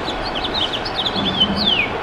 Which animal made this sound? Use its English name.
House Finch